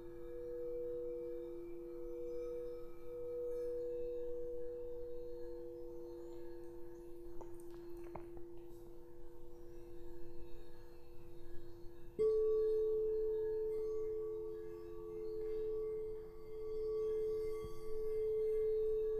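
Crystal singing bowls hum in long, steady sustained tones, two clear pitches layered over a low rumble. A few faint clicks occur around seconds 7 and 8. Just after 12 seconds a new, slightly higher tone enters and the sound grows a little louder, continuing evenly to the end.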